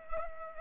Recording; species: mosquito wingbeat signal from an infrared sensor; Culex pipiens